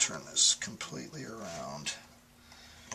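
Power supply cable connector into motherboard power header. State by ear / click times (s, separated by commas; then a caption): not seated / none. A power supply cable connector is handled next to the power header on an Acer Aspire X1200 desktop motherboard during a power supply replacement, with someone talking. Faint handling noise ends in a brief tick near the end, but nothing has seated or clicked yet.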